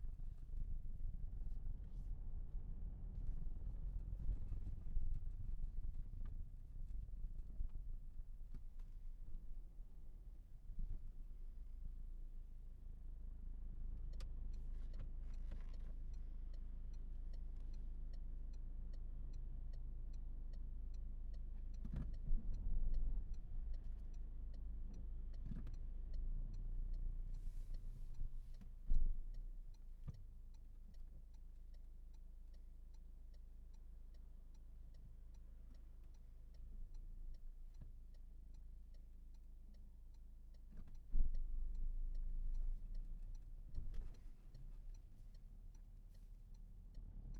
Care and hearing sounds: everyday scene through a hearing-aid microphone; in a vehicle; engine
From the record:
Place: Berlingo II, diesel engine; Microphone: behind the ear, left, rear

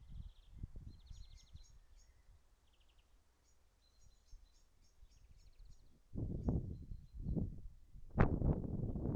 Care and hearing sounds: everyday scene through a hearing-aid microphone; wind on the microphone; wind, birds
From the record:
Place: in front of a rural house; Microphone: behind the ear, right, front

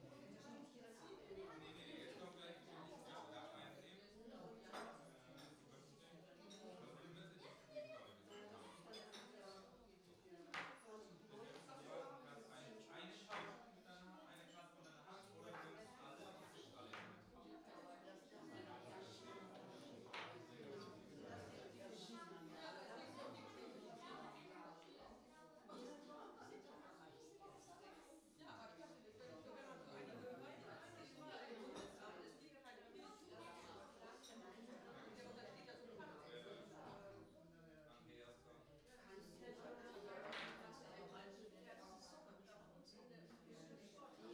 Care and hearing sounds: everyday scene through a hearing-aid microphone; many people talking; many voices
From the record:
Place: parish hall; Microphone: in the ear canal, right

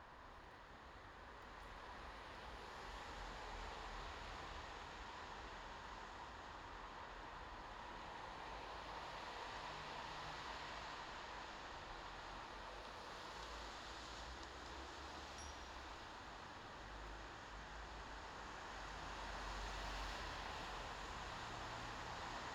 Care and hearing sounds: everyday scene through a hearing-aid microphone; in traffic; traffic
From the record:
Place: bus stop on a city main road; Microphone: in the ear canal, left

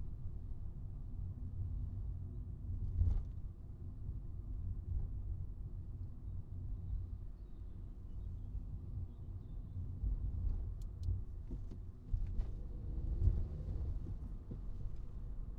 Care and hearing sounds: everyday scene through a hearing-aid microphone; in a vehicle; engine, highway traffic jam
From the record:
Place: Skoda Fabia, gasoline engine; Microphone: in the ear canal, right

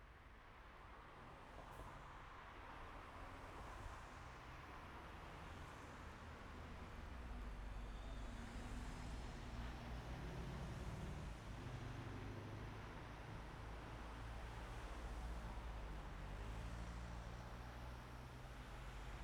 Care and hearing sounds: everyday scene through a hearing-aid microphone; in traffic; traffic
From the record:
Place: main road on the outskirts, rush hour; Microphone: behind the ear, right, rear

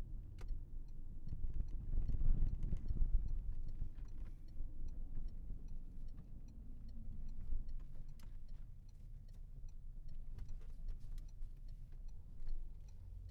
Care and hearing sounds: everyday scene through a hearing-aid microphone; in a vehicle; engine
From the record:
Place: Berlingo II, diesel engine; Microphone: behind the ear, left, rear

